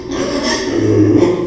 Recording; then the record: squeal of a Yucatan mini pig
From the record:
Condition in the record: before surgery on the right vocal fold (resection and tissue-engineered implant); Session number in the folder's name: 1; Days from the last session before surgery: -3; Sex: male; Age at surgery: 12 weeks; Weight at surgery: 13 kg